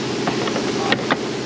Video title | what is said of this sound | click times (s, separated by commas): No Brake Pedal! Straight to the floor! Mazda 3 2010 zoom zoom | That one doesn't click. | none